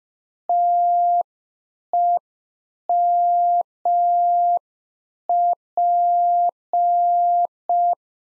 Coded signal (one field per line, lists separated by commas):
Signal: Morse code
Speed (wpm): 5 wpm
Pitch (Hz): 700 Hz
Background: none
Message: TEMP